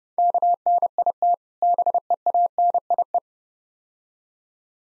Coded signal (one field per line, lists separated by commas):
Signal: Morse code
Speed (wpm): 32 wpm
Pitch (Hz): 700 Hz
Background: none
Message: KNIT BEANIE